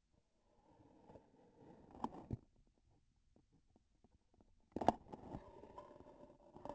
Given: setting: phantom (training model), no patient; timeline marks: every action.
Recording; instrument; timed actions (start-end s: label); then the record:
laparoscopic instrument, vibration sensor on the handle end; grasping forceps
1.79-2.53 s: grasping tissue
4.57-5.20 s: releasing tissue
From the record:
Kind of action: gesture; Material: synthetic tissue